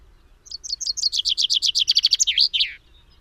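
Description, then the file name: Common chaffinch singing one full phrase: a quick accelerating cascade of chirpy notes slipping downward, finished with an emphatic twisting end note, in otherwise quiet surroundings. "Fringilla coelebs"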